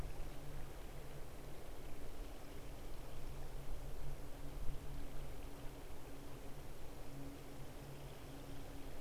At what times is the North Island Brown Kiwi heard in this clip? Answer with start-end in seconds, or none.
none